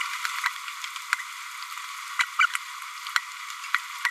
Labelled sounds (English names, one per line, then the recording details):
Green-rumped Parrotlet babbling
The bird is a female
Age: 28 days
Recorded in a nest box in Venezuela
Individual 17B102A5